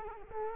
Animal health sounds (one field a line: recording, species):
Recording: mosquito wingbeat signal from an infrared sensor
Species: Culex quinquefasciatus